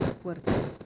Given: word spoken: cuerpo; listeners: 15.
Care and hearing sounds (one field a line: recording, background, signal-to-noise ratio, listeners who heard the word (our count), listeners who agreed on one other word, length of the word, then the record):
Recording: one Spanish word in noise, from a listening test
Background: noise modulated by one talker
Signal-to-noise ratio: -8.9 dB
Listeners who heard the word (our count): 3 of 15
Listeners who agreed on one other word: 11 of 15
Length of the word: 0.46 s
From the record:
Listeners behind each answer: 11, 3, 1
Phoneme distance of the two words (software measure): 30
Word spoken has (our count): 2 syllables, 6 phonemes, stress on syllable 1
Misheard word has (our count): 2 syllables, 6 phonemes, stress on syllable 1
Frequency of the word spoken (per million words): 291.49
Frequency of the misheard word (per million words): 206.49